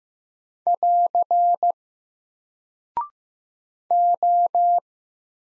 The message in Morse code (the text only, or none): <AR> O